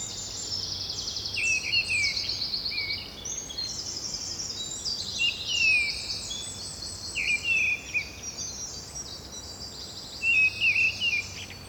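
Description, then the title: Birds filling the air with high twittering trills and rippling phrases, punctuated by louder down-slurred chirps several times, over a quiet steady hum. Bird ambience at Rue du Rossignol, Seneffe, Belgium; recorded with Sony PCM-D100 internal microphones. "Rue du Rossignol 7, 7180 Seneffe, Belgique - Birds ambience"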